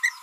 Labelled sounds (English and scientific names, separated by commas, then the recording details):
Green-rumped Parrotlet (Forpus passerinus) babbling
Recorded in a nest box in Venezuela
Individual 18B25A4